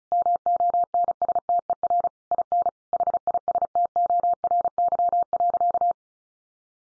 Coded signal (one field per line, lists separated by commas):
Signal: Morse code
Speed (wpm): 34 wpm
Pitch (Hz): 700 Hz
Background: none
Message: MONSTER IN HISTORY.